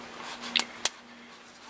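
The folding hook leg on the magnet version of a Scorpion Hook folding grappling hook is opened and snaps into the plunger lock of the hook body. Two sharp metallic clicks are heard at 0.6 s and 0.9 s over a faint steady hum. The leg ends up seated in its locked position.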